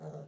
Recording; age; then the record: pig call; piglet (1 to 25 days)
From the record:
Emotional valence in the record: negative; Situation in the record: long isolation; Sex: female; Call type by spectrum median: low-frequency call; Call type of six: low-frequency stable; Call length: 0.28 s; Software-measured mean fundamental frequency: 75 Hz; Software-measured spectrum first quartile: 157 Hz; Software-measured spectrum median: 336 Hz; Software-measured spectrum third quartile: 578 Hz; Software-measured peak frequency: 444 Hz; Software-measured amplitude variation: 115 dB a second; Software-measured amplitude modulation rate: 9.0 a second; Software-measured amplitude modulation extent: 12.7 dB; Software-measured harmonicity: 1.3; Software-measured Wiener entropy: 0.05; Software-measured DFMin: 982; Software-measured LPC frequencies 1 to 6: 572, 4107, 6228, 6850, 7767, 9380 Hz